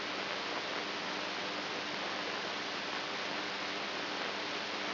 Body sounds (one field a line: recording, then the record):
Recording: brain microelectrode recording played as sound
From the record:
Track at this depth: outside the subthalamic nucleus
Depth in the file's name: 6.507 mm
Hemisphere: right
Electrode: 2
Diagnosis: Parkinson's disease